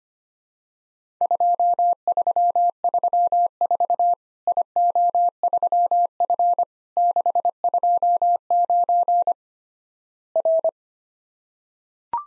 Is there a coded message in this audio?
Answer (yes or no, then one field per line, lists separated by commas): yes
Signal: Morse code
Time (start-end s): 1.2-10.7 s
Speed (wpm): 25 wpm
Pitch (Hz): 700 Hz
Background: none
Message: 2334 IO3F 629 R